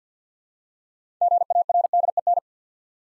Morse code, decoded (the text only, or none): GARDEN